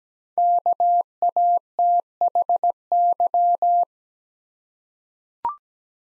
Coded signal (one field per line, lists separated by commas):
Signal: Morse code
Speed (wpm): 17 wpm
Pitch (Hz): 700 Hz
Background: none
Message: KATHY